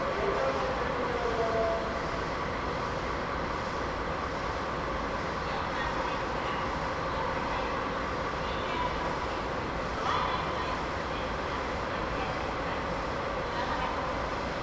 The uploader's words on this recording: Sleeper limited express Twilight Express departure scene from Sapporo Sta. The first memorable recording with the first PCM recorder [ZOOM H2] is the [Twilight Express] departing from Sapporo Station.